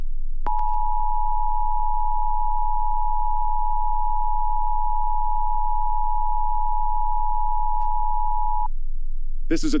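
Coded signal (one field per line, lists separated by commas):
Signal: Emergency Alert System (SAME) tones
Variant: 853 and 960 Hz attention tone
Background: speech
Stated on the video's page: Required Monthly Test relayed by WCHS AM radio and Comcast cable.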